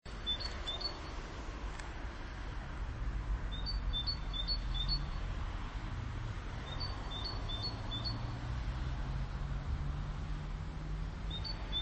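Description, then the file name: Great tit singing short bursts of high, alternating two-note phrases, a few per burst, separated by pauses of several seconds, with constant low rumble beneath. "Parus major"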